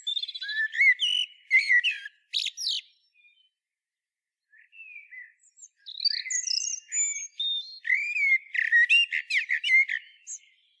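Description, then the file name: Common blackbird delivering fluted warbling phrases that end in high squeaky twitters, with a quiet gap before another richer phrase. "Turdus merula"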